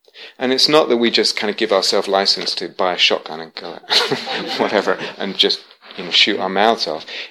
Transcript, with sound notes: And it's not that we just kind of give ourselves license to buy a shotgun and go at... [laughter] whatever, and just, you know, shoot our mouths off.